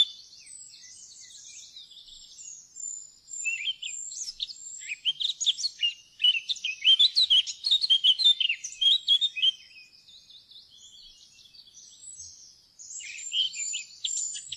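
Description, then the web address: Eurasian blackcap song: a soft, high scratchy warble building into loud, varied fluty phrases in the middle, fading back to quiet twittering, then rising again near the end. "fuglelyder- munk"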